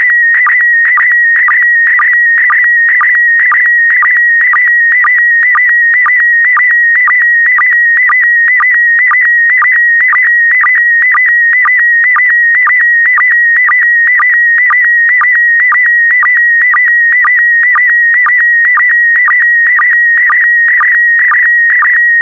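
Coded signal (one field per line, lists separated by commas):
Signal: SSTV (slow-scan television)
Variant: PD120 mode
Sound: steady whistling tone near 2 kHz with rhythmic short low blips twice a second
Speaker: complete. You can now check your decoded image against the picture that is shown on the video.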